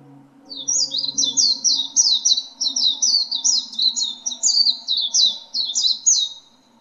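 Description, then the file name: Peci-liar singing a rapid chain of high, slurred, downward chirps, tightly repeated for about six seconds, with a soft low hum in the background. Wild, in the forest. "peci liar ngalas"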